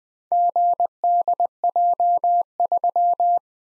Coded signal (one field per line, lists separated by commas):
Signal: Morse code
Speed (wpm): 20 wpm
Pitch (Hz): 700 Hz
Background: none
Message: GDJ3